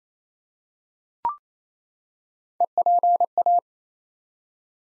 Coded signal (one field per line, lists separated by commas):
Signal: Morse code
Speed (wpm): 28 wpm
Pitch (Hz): 700 Hz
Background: none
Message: EPA